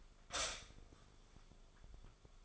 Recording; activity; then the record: daily activity, microphone in the room; stop toaster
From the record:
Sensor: 5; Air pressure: 1014.8 hPa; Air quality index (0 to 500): 200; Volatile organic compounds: 9 ppm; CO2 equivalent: 2125 ppm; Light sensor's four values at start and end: 16/37/14/13 and 16/36/14/13